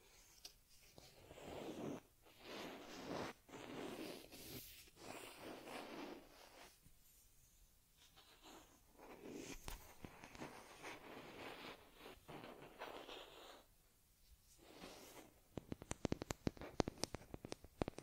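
A teddy bear being groomed: soft rubbing and brushing strokes in bursts with short pauses, ending in a quick run of sharp clicks and taps.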